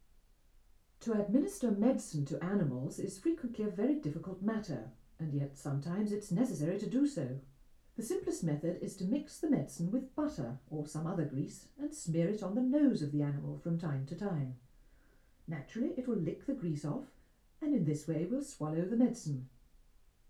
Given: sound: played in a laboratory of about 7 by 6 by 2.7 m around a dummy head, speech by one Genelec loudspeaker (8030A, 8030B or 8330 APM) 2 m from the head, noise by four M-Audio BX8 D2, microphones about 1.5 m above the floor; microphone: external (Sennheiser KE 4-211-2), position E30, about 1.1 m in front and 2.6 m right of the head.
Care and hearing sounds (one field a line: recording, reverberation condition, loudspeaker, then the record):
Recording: female speech in English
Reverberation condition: low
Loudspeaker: 90 degrees to the right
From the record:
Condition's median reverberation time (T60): about 310 ms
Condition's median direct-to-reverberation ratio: about 3.5 dB